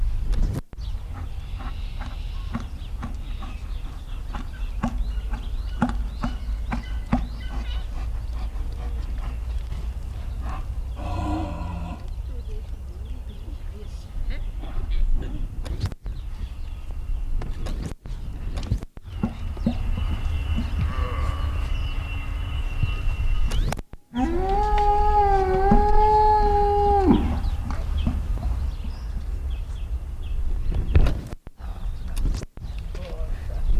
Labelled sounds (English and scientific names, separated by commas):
Wapiti (Cervus canadensis) call